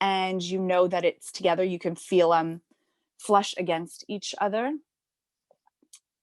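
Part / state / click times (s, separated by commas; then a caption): two halves of a twist clasp on a stitch marker / seated / 5.9 s. Someone talks while the two halves of a small metal twist clasp on a stitch marker are twisted in opposite directions and wiggled together. Faint ticks follow after the speech, then a sharper click at 5.9 s as the halves snap together and sit flush, seated.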